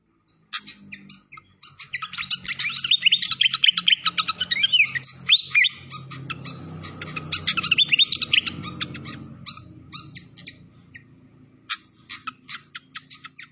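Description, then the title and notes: Malaysian pied fantail delivering long busy runs of rapid chirps and whistles, with a low steady rumble in the background, ending with spaced sharp notes. Masteran (training recording) of clear-voiced fantail song. "Masteran Sikatan Kipas Suara Jernih Dan Suara Gemericik Air. Suara Burung Sikatan Londo"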